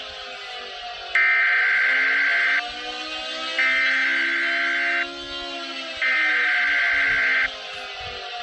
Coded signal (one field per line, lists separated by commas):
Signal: Emergency Alert System (SAME) tones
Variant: header bursts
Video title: eas scenario gmx virus chapter 3 virus 666 and the dying earth